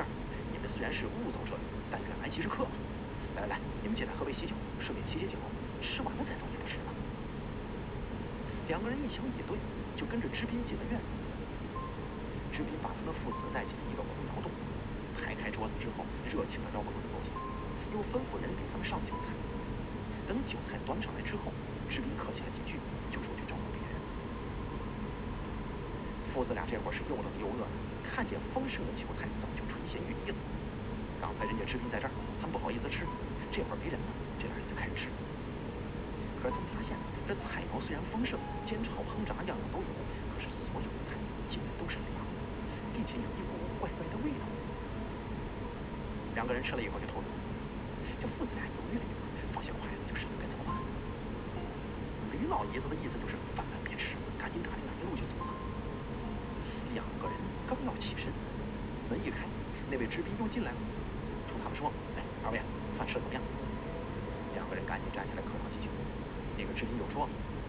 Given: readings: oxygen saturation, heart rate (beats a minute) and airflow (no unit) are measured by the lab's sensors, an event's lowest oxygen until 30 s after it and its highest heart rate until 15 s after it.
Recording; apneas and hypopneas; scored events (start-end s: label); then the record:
breathing in sleep by a voice recorder at the bedside; none
none scored
From the record:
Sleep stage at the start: N1 (lightest sleep); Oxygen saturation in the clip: 94%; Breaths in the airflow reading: 24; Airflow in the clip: -1.3 to 2.0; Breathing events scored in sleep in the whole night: 335 in 6.7 hours asleep